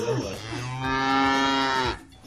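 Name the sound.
cow mooing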